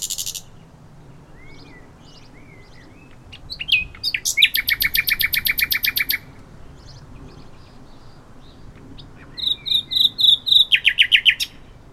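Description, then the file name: Common nightingale singing phrases of fast, rattling repeated notes, with soft, quiet whistles in the pauses between them. "Luscinia megarhynchos"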